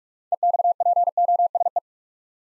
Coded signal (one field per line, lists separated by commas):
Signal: Morse code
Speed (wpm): 44 wpm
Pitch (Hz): 700 Hz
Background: none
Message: EXPOSE